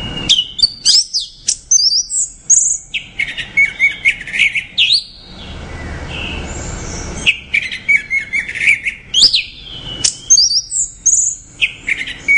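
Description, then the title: Orange-headed thrush pouring out long, varied high phrases of whistles, chips and slurred notes, pausing briefly in the middle before resuming with rapid twittering runs. "Anis Merah"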